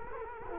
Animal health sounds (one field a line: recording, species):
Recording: mosquito wingbeat signal from an infrared sensor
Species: Culex quinquefasciatus